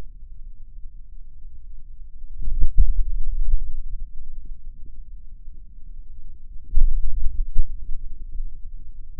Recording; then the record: forearm muscle sounds (acoustic myography)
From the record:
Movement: hand opening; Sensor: system 2, bracelet of six BSWA MPA416 microphones around the upper forearm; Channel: 6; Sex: male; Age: 22 years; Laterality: right